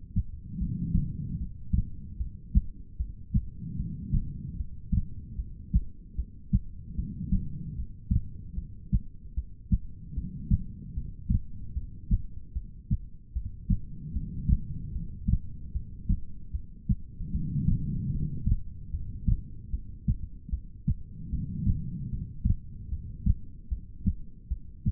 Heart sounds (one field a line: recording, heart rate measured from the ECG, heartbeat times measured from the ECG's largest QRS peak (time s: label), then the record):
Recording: heart sounds by stethoscope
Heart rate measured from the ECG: 75 bpm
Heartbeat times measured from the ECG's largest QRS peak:
0.58 s: heartbeat
1.37 s: heartbeat
2.17 s: heartbeat
2.97 s: heartbeat
3.77 s: heartbeat
4.56 s: heartbeat
5.36 s: heartbeat
6.16 s: heartbeat
6.95 s: heartbeat
7.75 s: heartbeat
8.55 s: heartbeat
9.34 s: heartbeat
10.14 s: heartbeat
10.94 s: heartbeat
11.73 s: heartbeat
12.53 s: heartbeat
13.33 s: heartbeat
14.13 s: heartbeat
14.92 s: heartbeat
15.72 s: heartbeat
16.52 s: heartbeat
17.31 s: heartbeat
18.11 s: heartbeat
18.91 s: heartbeat
19.70 s: heartbeat
20.50 s: heartbeat
21.30 s: heartbeat
22.09 s: heartbeat
22.89 s: heartbeat
23.69 s: heartbeat
24.48 s: heartbeat
From the record:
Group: heart failure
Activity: rest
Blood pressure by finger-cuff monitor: 99/72 mmHg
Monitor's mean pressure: 83 mmHg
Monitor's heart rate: 75 bpm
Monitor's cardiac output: 4.5 L/min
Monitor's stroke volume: 60 mL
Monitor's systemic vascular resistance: 1350 dyn s/cm5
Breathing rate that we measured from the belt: 17 breaths a minute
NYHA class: 2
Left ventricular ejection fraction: 58%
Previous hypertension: present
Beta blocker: bisoprolol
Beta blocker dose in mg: 5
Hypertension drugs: ramipril, spironolactone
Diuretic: furosemide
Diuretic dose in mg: 160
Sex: female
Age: 55 years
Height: 155 cm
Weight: 67 kg